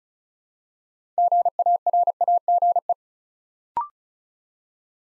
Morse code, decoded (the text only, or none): GARAGE